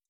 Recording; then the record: hydrophone in a shrimp aquaculture tank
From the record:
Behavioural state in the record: stressed